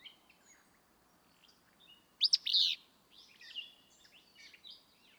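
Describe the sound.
Willow flycatcher song, one loud abrupt sneezy phrase midway, surrounded by quieter chips and warbles.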